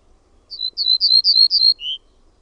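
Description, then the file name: Ortolan bunting song, five bright descending notes in a steady row ending with one lower note; quiet surroundings. "PELTOSIRKKU"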